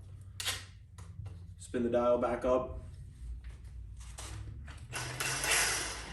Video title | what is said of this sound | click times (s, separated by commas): Milwaukee Tools - Landscaping 👍🏼👎🏼⁉️ | push it in, you hear it lock, | 0.4 s